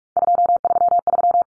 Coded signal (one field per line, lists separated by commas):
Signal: Morse code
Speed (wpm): 44 wpm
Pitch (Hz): 700 Hz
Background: none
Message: 233